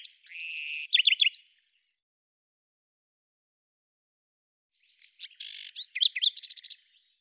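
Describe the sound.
Bird song: a buzzy, warbled phrase ending in quick chirps, silence of several seconds, then another buzzy phrase that breaks into a rapid, even trill.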